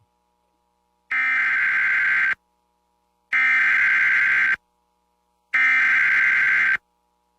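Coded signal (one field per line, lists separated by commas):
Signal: Emergency Alert System (SAME) tones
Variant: header bursts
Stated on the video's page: Compilation of personally captured EAS alerts from Houston.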